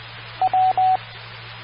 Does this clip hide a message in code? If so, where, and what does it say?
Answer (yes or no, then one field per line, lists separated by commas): no